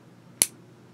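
A pull-off cap is snapped back onto the body of a Yookers felt tip fountain pen, giving one loud, sharp click at 0.4 s with bright high-frequency content that fades within about a tenth of a second over a quiet low hum. The cap seats securely on the pen.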